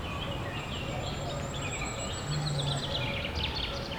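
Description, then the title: Chickens clucking busily, quick rough notes tumbling over one another, with a long thin high whistle across most and low hum beneath. Henhouse of the Abbaye Sainte-Marie du Désert, Bellegarde-Sainte-Marie, France; recorded with a Zoom H6 using an MS microphone. "35 Chem. de Saint-Bernard, 31530 Bellegarde-Sainte-Marie, France - the henhouse of the abbey. abbaye sainte marie du désert le poulailler"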